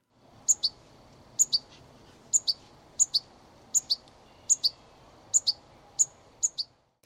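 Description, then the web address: European goldfinch calls: high paired chirps repeated at irregular intervals of roughly a second or less, each a double note, over a soft steady background hiss. "voegel aber cool. stieglitz"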